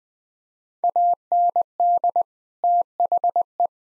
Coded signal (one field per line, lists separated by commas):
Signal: Morse code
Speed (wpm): 20 wpm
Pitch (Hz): 700 Hz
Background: none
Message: AND THE